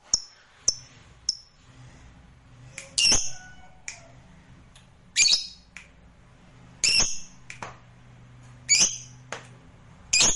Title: LOVEBIRD Malas Bunyi JADI GREGET SPONTAN Langsung NARIK